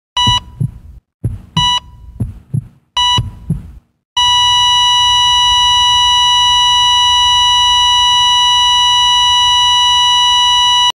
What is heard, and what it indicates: Heartbeat flatline sound.